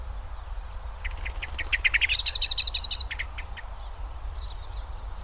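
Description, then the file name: Common blackbird call: a quick run of sharp, repeated chattering notes lasting about two and a half seconds, over a low background rumble. "Turdus merula"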